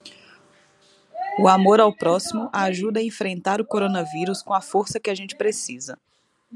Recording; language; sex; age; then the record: spoken sentence; Brazilian Portuguese; female; 20 to 29 years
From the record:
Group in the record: control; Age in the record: 29 years